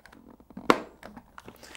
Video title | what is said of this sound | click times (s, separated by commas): How to change a visor: HJC RPHA-71 motorcycle helmet | Once you hear that click into place, just check that's functioning as it should. | 0.7 s